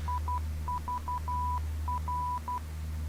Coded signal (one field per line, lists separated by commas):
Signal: Morse code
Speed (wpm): 12 wpm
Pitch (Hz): 990 Hz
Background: none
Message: IVR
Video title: ADB and NDB